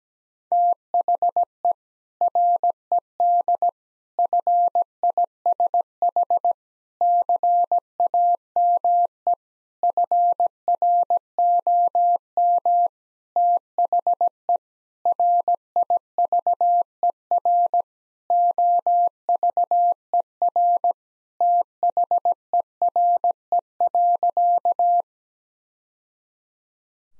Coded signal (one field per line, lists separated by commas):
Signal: Morse code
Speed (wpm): 17 wpm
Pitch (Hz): 700 Hz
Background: none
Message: THE RED FISH CAME FROM THE RIVER OVER THERE.